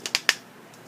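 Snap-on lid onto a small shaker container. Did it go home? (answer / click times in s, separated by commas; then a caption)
yes / 0.3 s. A snap-on lid is pressed onto a small shaker container holding five paper clips. Two short clicks come first, then a sharper snap at 0.3 s as the lid snaps shut, followed by near silence.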